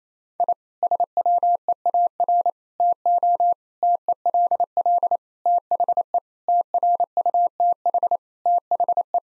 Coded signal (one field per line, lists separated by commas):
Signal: Morse code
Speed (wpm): 27 wpm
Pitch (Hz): 700 Hz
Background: none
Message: I SWEAR TO TELL THE TRUTH THE